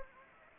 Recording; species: mosquito wingbeat signal from an infrared sensor; Anopheles gambiae